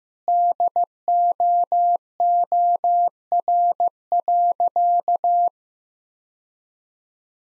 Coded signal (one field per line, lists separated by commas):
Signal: Morse code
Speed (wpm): 15 wpm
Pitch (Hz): 700 Hz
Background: none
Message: DOOR.